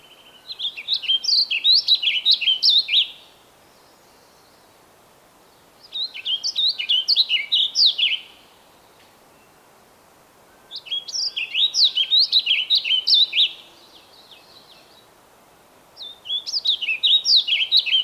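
Bird song repeated as separate phrases of fast, bright whistled notes, each about two to three seconds, with pauses of several seconds between them.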